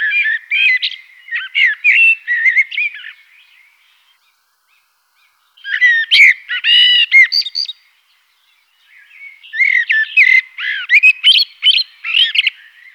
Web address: Fotoemozioni. Merlo-Turdus merula